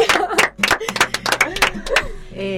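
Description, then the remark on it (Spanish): A few people in a studio clap together in a quick, uneven burst of loud, sharp claps lasting about two seconds, followed by a brief sustained voice-like tone at the end. “Que todos acá aplaudimos y aplaudimos chochos de la vida porque hemos dejado la publicidad une a une.”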